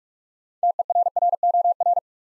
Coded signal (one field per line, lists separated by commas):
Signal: Morse code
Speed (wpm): 44 wpm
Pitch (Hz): 700 Hz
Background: none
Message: TERROR